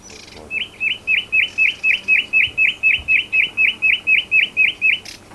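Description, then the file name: Common nightingale song: a fast, loud run of identical sharp notes, about four per second, held for nearly five seconds. "Luscinia megarhynchos"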